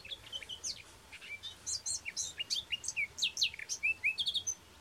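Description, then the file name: Eurasian blackcap song, a busy warble of scratchy, sharp notes that turns into loud, pure whistled phrases, delivered rapidly and irregularly against light background noise. "Sylvia atricapilla"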